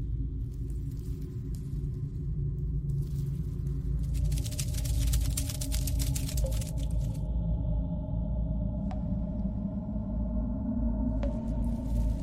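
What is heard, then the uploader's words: Alien hive ambience with a constant heavy low rumble and droning tones underneath. Bursts of dense, fizzing crackle flare up, strongest from about four to seven seconds, and two sharp, bright clicks cut through near nine and eleven seconds. Alien hive ASMR ambience. Predator cave.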